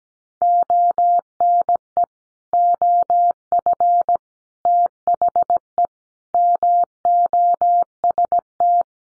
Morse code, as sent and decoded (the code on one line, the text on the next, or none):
--- -. . / --- ..-. / - .... . / -- --- ... -
ONE OF THE MOST